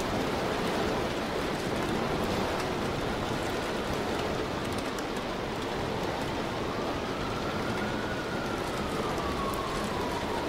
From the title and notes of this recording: Have a seat by the window and enjoy a relaxing evening in Tokyo. Calming rain sounds of Tokyo.